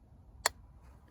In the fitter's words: hear that click when that thing clicked look how level that pan set